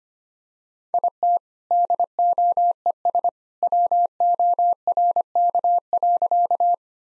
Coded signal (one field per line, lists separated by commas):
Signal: Morse code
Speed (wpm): 25 wpm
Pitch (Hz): 700 Hz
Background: none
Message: IT DOES WORK.